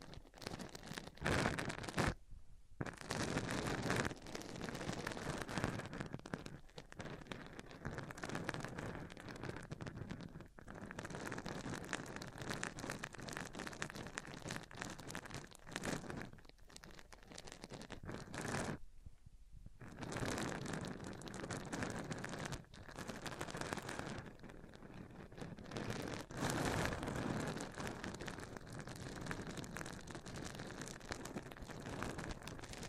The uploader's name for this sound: Rubbing Mics On Different Surfaces